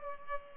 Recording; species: mosquito wingbeat signal from an infrared sensor; Culex pipiens